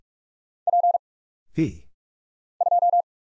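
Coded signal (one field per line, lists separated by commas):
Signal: Morse code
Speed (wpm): 44 wpm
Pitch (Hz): 700 Hz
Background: none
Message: P 2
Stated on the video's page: Head-copy drill of random letters, numbers, punctuation and prosigns at 45 wpm, sent, spoken after a very short gap, then sent again.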